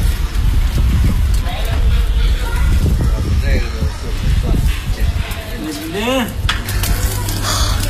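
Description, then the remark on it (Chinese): Lamb skewers sizzle over a charcoal grill at a copper street stall, fat spitting on the fire as the vendor fans the coals with a board; a steady crackling hiss runs beneath a busy mix of voices, clinking and bustle, with one voice rising briefly near the end. “肉在火上滋滋冒油，闻起来很香。”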